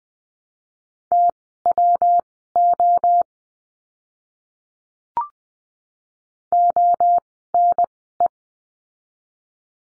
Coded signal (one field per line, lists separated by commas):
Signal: Morse code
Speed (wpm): 20 wpm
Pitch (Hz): 700 Hz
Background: none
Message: TWO ONE